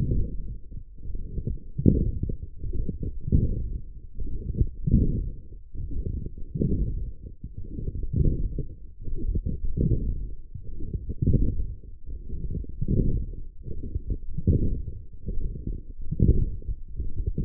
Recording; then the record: forearm muscle sounds (acoustic myography)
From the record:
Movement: forearm pronation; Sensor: system 1, eight BSWA MPA416 microphones around the upper forearm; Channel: 3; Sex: male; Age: 23 years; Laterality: right